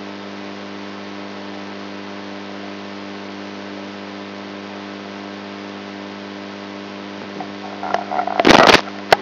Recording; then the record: brain microelectrode recording played as sound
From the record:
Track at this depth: inside the subthalamic nucleus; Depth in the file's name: 3.121 mm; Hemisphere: right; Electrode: 3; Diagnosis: Parkinson's disease